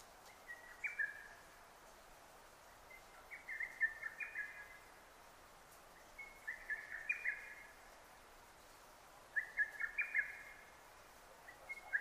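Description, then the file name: Lesser cuckoo giving short, rapid whistled phrases of clipped notes, spaced about every three seconds, with quiet gaps between them. Recorded 6 June 2009. "hototogisu 20090606"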